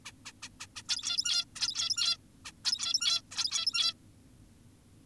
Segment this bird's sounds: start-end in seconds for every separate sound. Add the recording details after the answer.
0.06-0.12, 0.26-0.32, 0.42-0.49, 0.60-0.67, 0.76-0.83, 0.89-1.45, 1.56-2.17, 2.45-2.52, 2.65-3.22, 3.32-3.94. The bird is an adult. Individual g17y2U